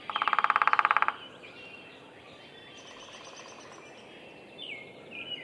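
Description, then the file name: Downy woodpecker drumming: one rapid, even roll lasting about a second, followed by faint chirps and whistles. Drumming, recorded at a bird sanctuary in Minnesota. "Picoides pubescens drumming Roberts Bird Sanctuary, Minnesota"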